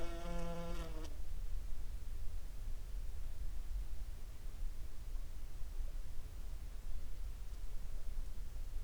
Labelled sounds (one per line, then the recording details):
water
insects
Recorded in the Prudhoe Bay oil fields, Alaska, on 9 July 2019 at 08:53
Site 21